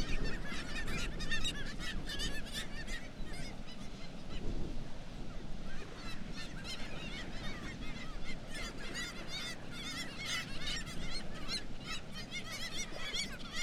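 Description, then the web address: Black-legged kittiwake calls pour out almost without pause, dense overlapping wailing notes from many birds, above a continuous low rumble. "sound Black-legged-kittiwake. صدای-پرنده-کاکایی-پاسیاه"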